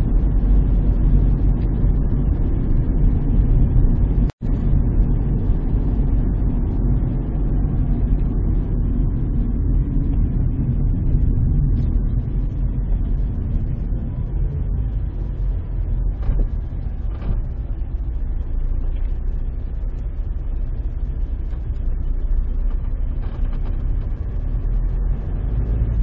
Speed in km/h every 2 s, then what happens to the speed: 35, 36, 36, 34, 28, 21, 15, 10, 7, 8, 8, 11, 15.
0-6 steady at about 35. 6-15 slows to 7. 15-21 steady at about 8. 21-26 speeds up to 15.